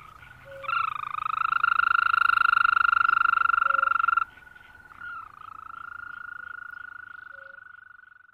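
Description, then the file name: European green toad call, one loud sustained trill lasting about three and a half seconds, followed by a softer trill of similar length. "Bufo viridis"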